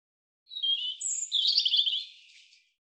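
European robin singing one short phrase, a high thin whistle followed by a fast, tinkling jumble of notes that fades out; background silent.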